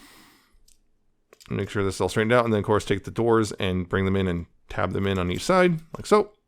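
Plastic door panels of a Transformers Legacy Evolution Shadow Striker action figure are handled as they are brought in and tabbed into the toy robot's body on each side. Two faint clicks sound near 0.7 s and 1.3 s, then someone talks over the handling. Nothing has seated yet.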